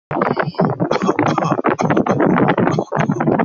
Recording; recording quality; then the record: shallow voluntary cough; excellent, no background noise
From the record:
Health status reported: healthy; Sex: male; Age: 32 years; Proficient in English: yes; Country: Canada